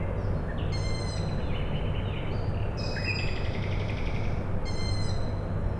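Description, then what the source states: Owl chicks giving two rasping squeaks, one near the start and one near the end, with a songbird's whistled and rattling phrases in between and a steady low hum beneath. Owl chicks calling at night, Tuesday 21 May 2019, Michałkowice, Siemianowice Śląskie, Poland; nightingale also present; industrial plant in background; recorded with Zoom H5 and Audio-Technica BP4025.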